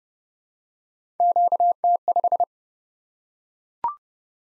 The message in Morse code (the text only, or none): QT5